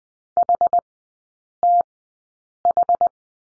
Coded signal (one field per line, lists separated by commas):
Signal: Morse code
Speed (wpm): 20 wpm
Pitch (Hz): 700 Hz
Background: none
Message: HTH